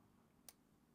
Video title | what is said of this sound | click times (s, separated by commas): “Carb Leaks on a Johnson 90? Here’s How to Fix Them Right” | So, I just got two more clicks out of that. So, that is good and tight. | 0.5 s